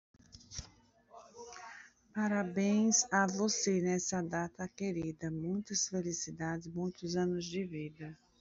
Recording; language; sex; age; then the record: short text; Brazilian Portuguese; female; 30 to 39 years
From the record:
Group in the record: control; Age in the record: 37 years